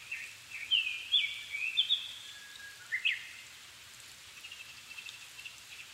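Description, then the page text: Japanese thrush delivering bright whistled phrases with sharp upslurred notes, then a quieter stretch over steady rain noise. Japan, 7 May 2011 at 17:59, altitude 270 m; recorded with Sony PCM-D50 and Panasonic WM-61A mic. "Turdus cardis [Sounds -Nikko Today-]"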